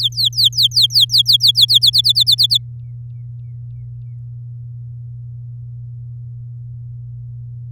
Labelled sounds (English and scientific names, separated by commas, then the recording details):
Domestic Canary (Serinus canaria) song
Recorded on 10 May 2018 at 15:59
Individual llb16